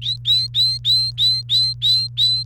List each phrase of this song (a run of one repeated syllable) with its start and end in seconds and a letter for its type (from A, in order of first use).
0.02-2.43 A